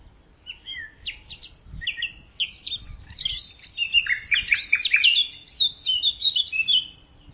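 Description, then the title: Bird delivering a fast, jumbled warble of short chirps and slurred notes that builds in density through the middle, with faint low noise beneath. "LuckyPassaro Completos2Sama"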